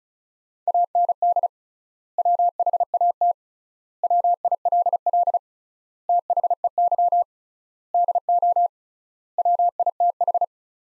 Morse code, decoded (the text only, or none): AND WHAT WILL THEY DO WITH